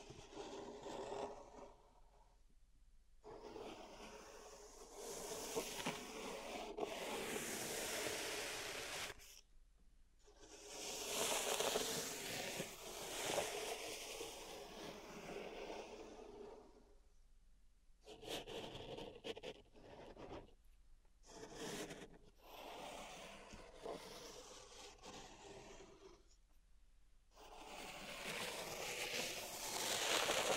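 Pink salt being raked and brushed in a zen garden tray, a grainy rubbing and scraping sound that swells and fades in long strokes. Bursts of several seconds are separated by brief near-silent pauses around 2, 9, 17 and 26 seconds.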